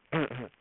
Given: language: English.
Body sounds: throat vibration sensor signal played as sound; throat clearing

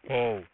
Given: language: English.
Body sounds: throat vibration sensor signal played as sound; speech

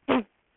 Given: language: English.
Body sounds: throat vibration sensor signal played as sound; cough

